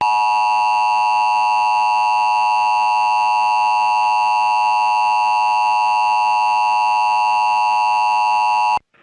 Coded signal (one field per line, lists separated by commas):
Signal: Emergency Alert System (SAME) tones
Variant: 853 and 960 Hz attention tone